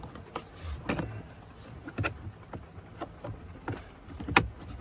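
After a new cabin air filter is installed in a 2015-2020 Ford F-150 pickup truck, the rubber trim piece is pressed back into the glovebox and dash opening. Several softer knocks and handling sounds come first, around 0.4, 0.9, 2.0 and 3.7 seconds. A sharp, loud snap at 4.4 s marks the trim piece seating back in place.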